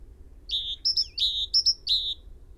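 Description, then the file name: Great tit calling: two short high notes dropping to a drawn-out lower note, repeated three times with a soft falling whistle between the first phrases. "Parus major"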